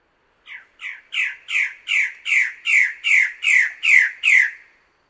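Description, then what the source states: Bird-of-paradise giving a series of about eleven loud, rasping squawks, evenly paced near two or three per second and swelling in volume, with nothing else audible. Master song used for training songbirds.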